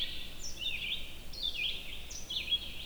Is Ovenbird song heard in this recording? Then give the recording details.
no. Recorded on 21 June 2016 at 05:08. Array SBT-6-76